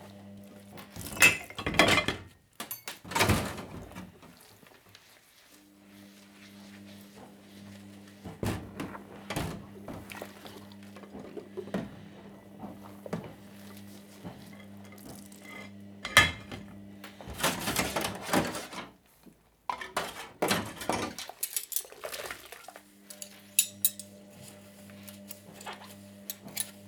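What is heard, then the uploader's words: Washing up at a sink, with dishes and cutlery clinking in sharp bright bursts, loudest around 1–4 and 16–19 seconds. A low steady hum runs underneath for most of the clip, and scattered softer clatters fill the gaps. Washing up.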